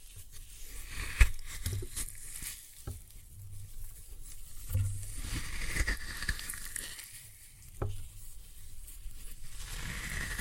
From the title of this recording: Floral Foam Glitter Bomb Crushing